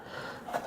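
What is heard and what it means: A stripped wire is pushed into a push-in quick-connect terminal on the back of a receptacle, but it goes into the wrong hole. A short burst of sound rises around 0.5 s, and nothing has seated or clicked yet.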